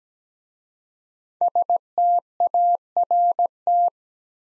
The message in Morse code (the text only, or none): START